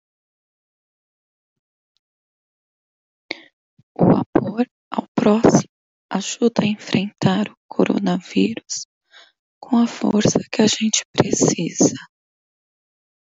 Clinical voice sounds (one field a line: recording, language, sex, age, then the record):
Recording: spoken sentence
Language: Brazilian Portuguese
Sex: female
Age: 30 to 39 years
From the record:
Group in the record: control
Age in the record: 35 years